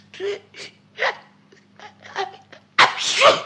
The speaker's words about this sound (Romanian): M-a lovit strănutul.